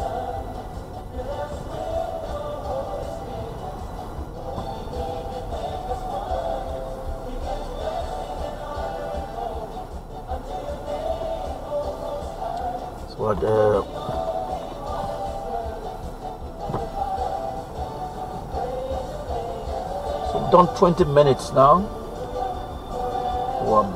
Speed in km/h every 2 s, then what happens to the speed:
6, 10, 8, 2, 0, 0, 0, 2, 5, 6, 6, 5.
3-6 slows to 2. 6-14 standing. 14-24 steady at about 5.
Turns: none.